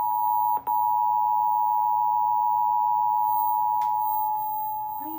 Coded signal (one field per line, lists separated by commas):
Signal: Emergency Alert System (SAME) tones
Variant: 853 and 960 Hz attention tone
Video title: EAS #403 Child Abduction Emergency For Luzerne County PA